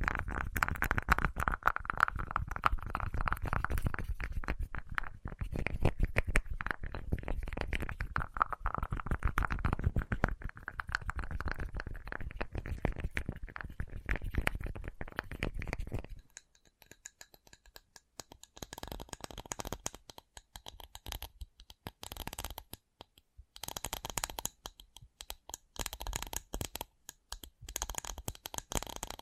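Rapid, dense tapping fills the first sixteen seconds, a thick rattling patter with a low rumbling body. Around sixteen seconds it switches to lighter, sparser, brighter taps with short gaps of silence between bursts, continuing to the end.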